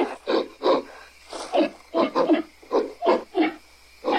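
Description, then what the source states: Ape making a series of rough, breathy grunting pulses. Several apes in a long bout of angry screaming and growling.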